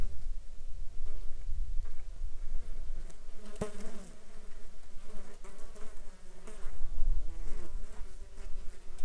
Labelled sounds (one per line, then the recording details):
insects
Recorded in the Arctic National Wildlife Refuge, Alaska, on 11 July 2019 at 17:41
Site 35